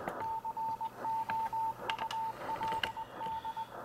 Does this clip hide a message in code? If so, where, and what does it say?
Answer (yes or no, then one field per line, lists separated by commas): yes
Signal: Morse code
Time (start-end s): 0.2-3.6 s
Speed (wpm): 20 wpm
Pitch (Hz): 900 Hz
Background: none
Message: COULD